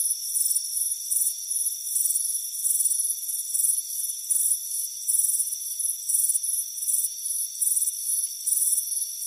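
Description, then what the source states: High, shrill cricket chirps pulse steadily in many short bursts, with a continuous background whine. Warm afternoon on a front porch.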